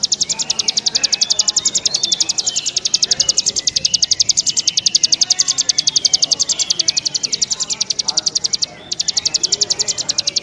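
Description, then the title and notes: Bar-winged prinia song, a long rapid series of high buzzy pulses with a short gap near the end, over low faint background noise. Ciblek birds described as gacor (singing actively), together with young birds (anakan); a compilation of their sounds. "Kicau Ciblek new. kumpulan suara burung ciblek gacor dan anakan"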